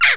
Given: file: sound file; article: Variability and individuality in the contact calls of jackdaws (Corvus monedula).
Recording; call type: jackdaw call; noisy